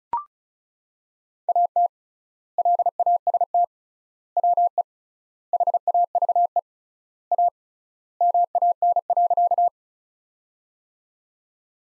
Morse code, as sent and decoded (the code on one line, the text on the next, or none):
.- - / .-.. .- ... - / .-- . / .... .- ...- . / .- / -- .- -. .-.-.-
AT LAST WE HAVE A MAN.